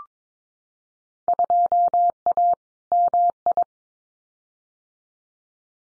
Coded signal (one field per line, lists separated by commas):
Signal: Morse code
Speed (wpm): 22 wpm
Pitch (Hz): 700 Hz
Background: none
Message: 2A MI